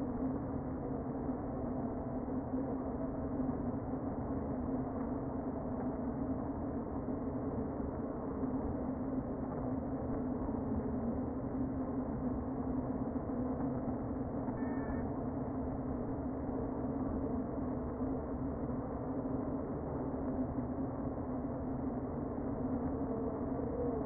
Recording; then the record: honeybee colony, microphone inside the hive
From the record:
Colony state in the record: queen present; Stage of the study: before two queens were removed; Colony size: about 60,000 bees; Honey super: yes